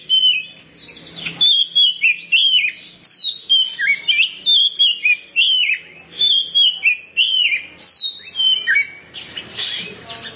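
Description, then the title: Oriental magpie-robin song of repeated bright whistles and chirps, many notes sliding downward, with brief pauses between bursts. "Kacer6"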